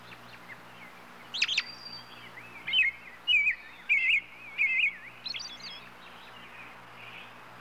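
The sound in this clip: Robin producing a run of five or six warbled chirps, with softer chirping and a low background hum.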